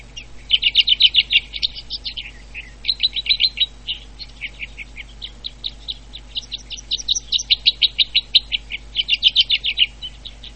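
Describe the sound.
Two-barred crossbill calls: rapid dry chattering trills in bursts of about a second, repeated with short pauses, with a low steady hum underneath.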